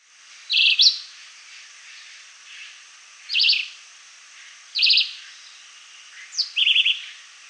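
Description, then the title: Red-eyed vireo singing brief burry phrases separated by gaps of roughly one to two and a half seconds; the last phrase starts with a descending slur. "LuckyPassaro Completos2Sama. Red-eyed Vireo (Vireo olivaceus)"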